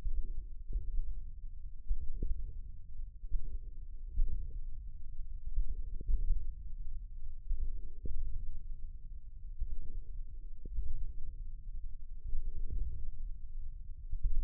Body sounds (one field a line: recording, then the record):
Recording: forearm muscle sounds (acoustic myography)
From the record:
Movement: wrist extension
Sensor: system 1, eight BSWA MPA416 microphones around the upper forearm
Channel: 6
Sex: male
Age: 54 years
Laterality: right